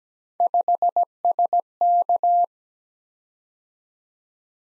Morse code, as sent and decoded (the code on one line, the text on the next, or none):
..... ... -.-
5SK